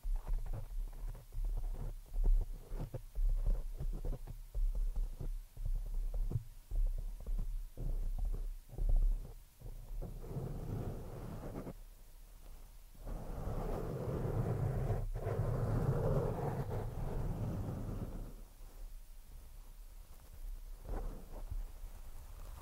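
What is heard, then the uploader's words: Scratching right on the microphone, no talking. The first ten seconds are choppy bursts of rough scraping and thumps, then a denser, smoother rubbing swells from about 11 to 18 seconds before dropping back to scattered scratches, with a low rumble throughout. ASMR PURE SCRATCHING ON THE MICROPHONE NO TALKING.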